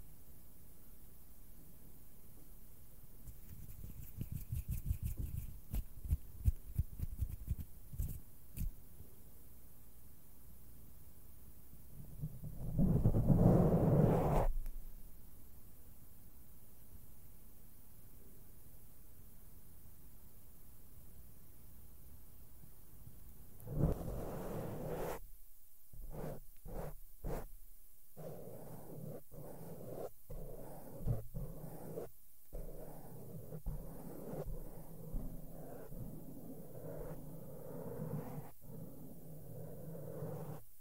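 Makeup brushes sweep and tap against a microphone, with soft rustling bursts around 4–8 seconds and a heavier, low thudding rub near 13 seconds. After a quiet stretch, from about 24 seconds on, irregular brushing and touching continues with repeated dull bumps and brief cut-outs.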